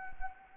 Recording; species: mosquito wingbeat signal from an infrared sensor; Anopheles arabiensis